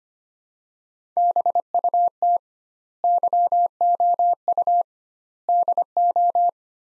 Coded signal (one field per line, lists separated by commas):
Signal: Morse code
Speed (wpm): 25 wpm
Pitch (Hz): 700 Hz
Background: none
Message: BUT YOU DO